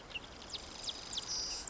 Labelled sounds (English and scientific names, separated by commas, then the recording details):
Marsh Wren (Cistothorus palustris)
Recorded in Sonoma County, California